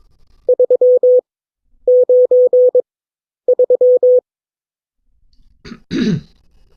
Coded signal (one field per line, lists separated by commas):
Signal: Morse code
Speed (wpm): 22 wpm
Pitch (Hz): 500 Hz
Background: none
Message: 393